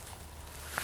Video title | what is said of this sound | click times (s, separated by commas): CytoFLEX SRT Cell Sorter Setup and Instrument Overview | you can see those snap into place. | 0.8 s